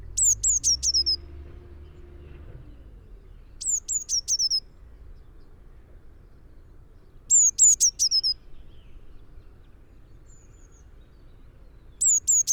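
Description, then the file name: Eurasian blue tit repeating brief phrases of four or five high, sharp, falling notes every few seconds; a low rumble is heard at the start. "Cyanistes caeruleus"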